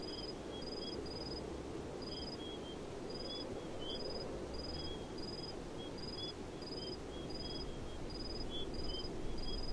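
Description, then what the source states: Crickets chirping in short high pulsed bursts at an uneven quick pace, a fainter lower chirper alongside, over constant low rumbling noise. Crickets chirping in a desert.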